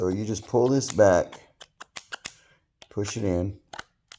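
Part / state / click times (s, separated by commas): removable attachment head onto a cordless installation drill driver / not seated / none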